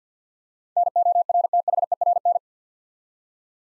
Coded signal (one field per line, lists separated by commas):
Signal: Morse code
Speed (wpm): 49 wpm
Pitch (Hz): 700 Hz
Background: none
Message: NORTHERN